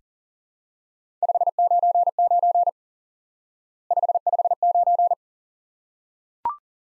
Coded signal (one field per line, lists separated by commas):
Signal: Morse code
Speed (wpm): 43 wpm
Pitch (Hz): 700 Hz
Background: none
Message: 599 559